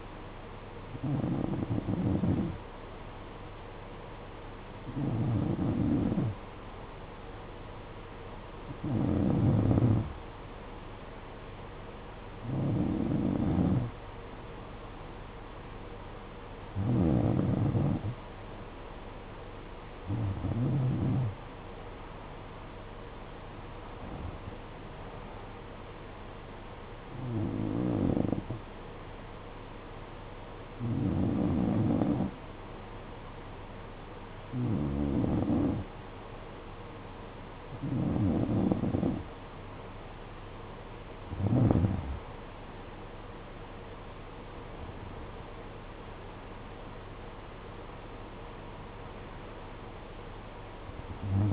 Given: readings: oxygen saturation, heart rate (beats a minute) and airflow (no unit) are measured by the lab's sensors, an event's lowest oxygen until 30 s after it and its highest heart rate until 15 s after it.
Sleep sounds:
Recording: breathing in sleep by a voice recorder at the bedside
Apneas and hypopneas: 1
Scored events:
28.00-43.30 s: hypopnea (N2, oxygen 92% highest, then 90% lowest, heart rate 57 at the start, 60 highest)
40.00-51.53 s: new sleep stage, N1 (lightest sleep)
From the record:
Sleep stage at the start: N2 (light sleep)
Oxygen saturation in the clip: 89 to 92%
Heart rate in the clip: 55 to 60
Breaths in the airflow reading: 15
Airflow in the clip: -11.7 to 8.3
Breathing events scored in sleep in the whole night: 476 in 9.7 hours asleep

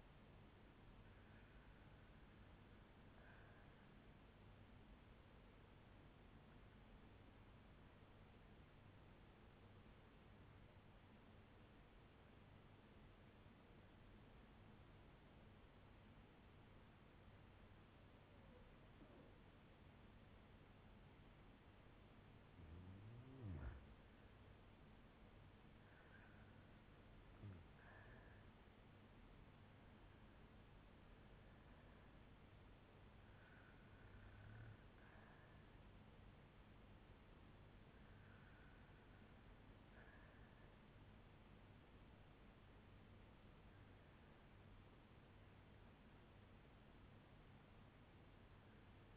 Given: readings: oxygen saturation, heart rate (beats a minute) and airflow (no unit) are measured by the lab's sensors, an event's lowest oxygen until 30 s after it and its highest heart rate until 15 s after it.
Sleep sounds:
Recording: breathing in sleep by a voice recorder at the bedside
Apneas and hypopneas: 1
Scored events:
7.00-27.30 s: hypopnea (REM, oxygen 95% highest, then 93% lowest, heart rate 58 at the start, 75 highest)
From the record:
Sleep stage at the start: REM sleep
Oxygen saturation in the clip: 93 to 96%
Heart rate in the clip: 57 to 75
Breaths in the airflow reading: 11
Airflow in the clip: -8.3 to 8.0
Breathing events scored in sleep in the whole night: 182 in 7.4 hours asleep

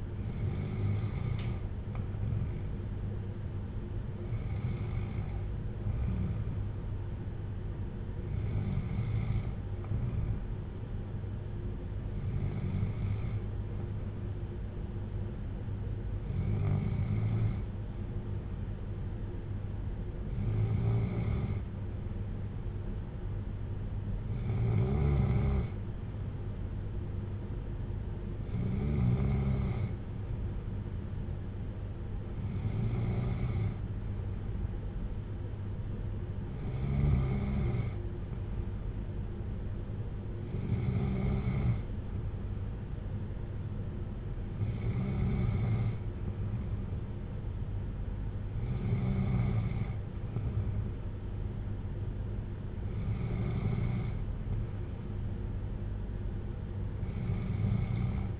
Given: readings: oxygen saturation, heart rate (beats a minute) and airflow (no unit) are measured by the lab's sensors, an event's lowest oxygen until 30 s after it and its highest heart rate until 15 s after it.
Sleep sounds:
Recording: breathing in sleep by a smartphone at the bedside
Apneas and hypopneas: none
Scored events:
none scored
From the record:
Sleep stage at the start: N2 (light sleep)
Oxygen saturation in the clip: 93 to 95%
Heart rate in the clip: 56 to 63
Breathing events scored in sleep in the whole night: 310 in 8.1 hours asleep

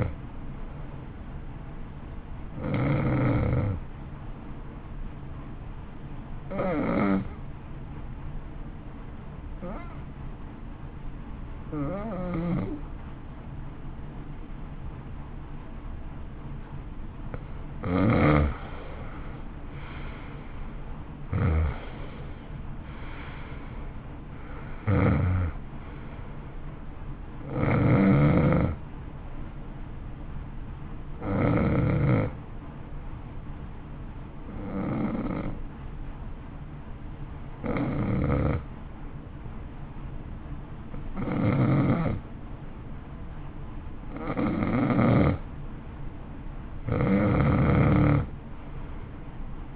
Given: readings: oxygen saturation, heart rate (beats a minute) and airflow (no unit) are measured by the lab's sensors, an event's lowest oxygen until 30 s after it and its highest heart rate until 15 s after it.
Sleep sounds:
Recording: breathing in sleep by a smartphone at the bedside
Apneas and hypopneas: 2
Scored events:
4.00-18.00 s: hypopnea (N1, oxygen 94% highest, then 86% lowest, heart rate 52 at the start, 61 highest)
33.00-45.70 s: hypopnea (N1, oxygen 92% highest, then 89% lowest, heart rate 55 at the start, 59 highest)
38.00-49.76 s: new sleep stage, N2 (light sleep)
From the record:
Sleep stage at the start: N1 (lightest sleep)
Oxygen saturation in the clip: 77 to 94%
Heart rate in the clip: 52 to 61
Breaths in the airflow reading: 13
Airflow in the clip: -13.4 to 13.9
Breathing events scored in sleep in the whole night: 328 in 6.3 hours asleep

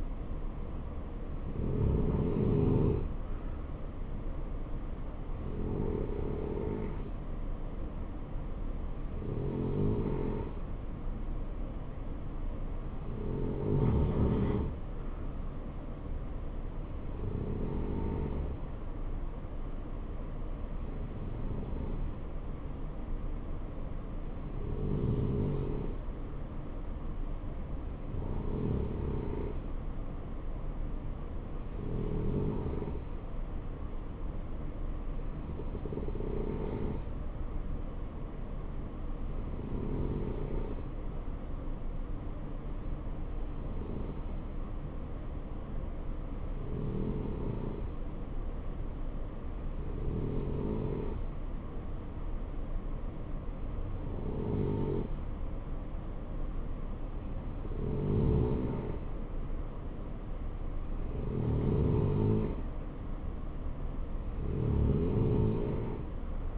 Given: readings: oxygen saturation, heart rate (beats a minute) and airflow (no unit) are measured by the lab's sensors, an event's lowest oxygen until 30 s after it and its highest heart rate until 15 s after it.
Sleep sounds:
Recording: breathing in sleep by a smartphone at the bedside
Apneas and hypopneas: none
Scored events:
none scored
From the record:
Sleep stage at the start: N3 (deep sleep)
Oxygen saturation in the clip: 90 to 92%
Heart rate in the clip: 58 to 68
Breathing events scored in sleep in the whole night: 277 in 7.4 hours asleep

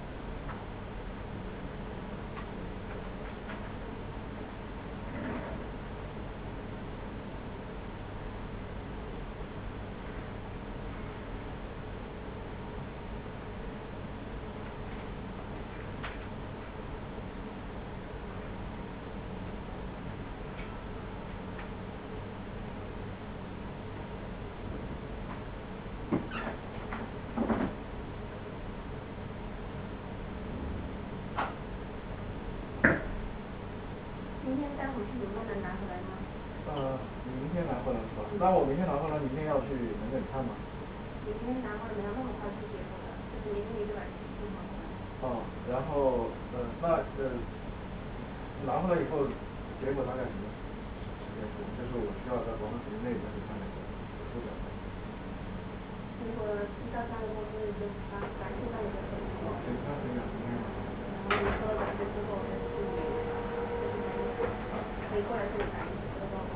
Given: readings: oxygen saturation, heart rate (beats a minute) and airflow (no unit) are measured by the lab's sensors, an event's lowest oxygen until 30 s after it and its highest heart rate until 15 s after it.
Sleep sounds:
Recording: a person awake in a sleep study, by a voice recorder at the bedside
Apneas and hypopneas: none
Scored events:
0.00-66.56 s: awake
0.00-66.56 s: awake
From the record:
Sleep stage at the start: awake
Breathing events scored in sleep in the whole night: 210 in 6.9 hours asleep

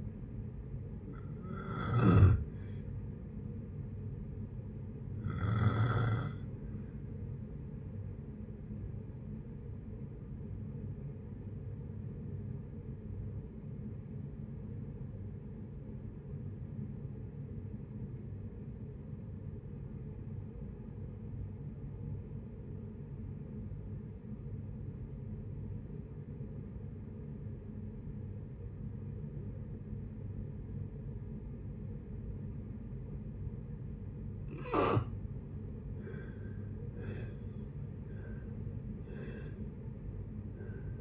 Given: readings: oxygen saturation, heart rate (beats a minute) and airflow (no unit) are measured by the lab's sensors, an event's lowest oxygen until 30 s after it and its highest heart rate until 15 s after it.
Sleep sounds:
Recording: breathing in sleep by a smartphone at the bedside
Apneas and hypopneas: 1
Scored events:
9.00-34.20 s: obstructive apnea (N1, oxygen 97% highest, then 75% lowest, heart rate 65 at the start, 73 highest)
From the record:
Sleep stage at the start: N1 (lightest sleep)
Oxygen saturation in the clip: 82 to 97%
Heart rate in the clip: 55 to 74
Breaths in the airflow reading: 4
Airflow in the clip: -6.4 to 8.5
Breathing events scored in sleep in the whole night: 496 in 5.4 hours asleep

